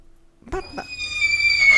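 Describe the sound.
After a moment of silence, a person imitates a horse whinny: two breathy bursts, then a high, wavering, sustained squeal that swells louder until it cuts off.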